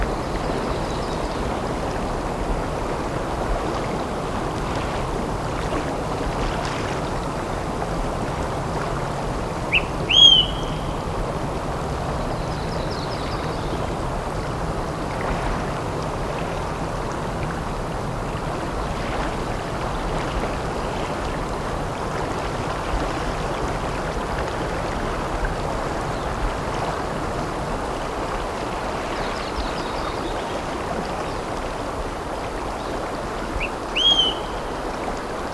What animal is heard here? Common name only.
Olive-sided Flycatcher